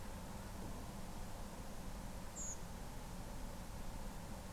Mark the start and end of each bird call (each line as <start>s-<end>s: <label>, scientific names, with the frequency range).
2.35s-2.55s: Turdus iliacus (6.0-7.9 kHz)